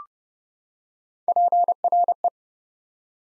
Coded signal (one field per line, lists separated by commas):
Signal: Morse code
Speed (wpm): 30 wpm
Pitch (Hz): 700 Hz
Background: none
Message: PRE